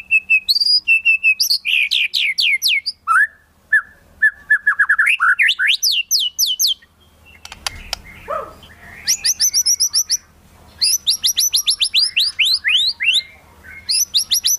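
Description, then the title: White-rumped shama singing varied phrases of fast descending and rising sweeps and chirp series, broken by a short noisy clattering pause, with a faint low hum underneath. Lure song used for trapping. "Pikat Murai Batu"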